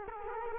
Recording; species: mosquito wingbeat signal from an infrared sensor; Culex quinquefasciatus